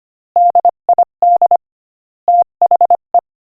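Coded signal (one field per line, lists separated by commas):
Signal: Morse code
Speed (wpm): 24 wpm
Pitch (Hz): 700 Hz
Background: none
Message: DID THE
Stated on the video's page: Morse code listening practice at 25 wpm.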